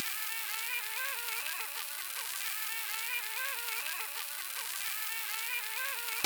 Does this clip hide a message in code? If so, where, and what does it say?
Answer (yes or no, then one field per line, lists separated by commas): no